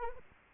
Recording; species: mosquito wingbeat signal from an infrared sensor; Anopheles arabiensis